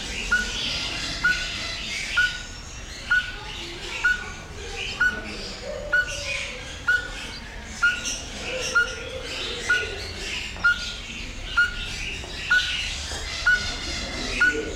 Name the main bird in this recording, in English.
Speckled Tinkerbird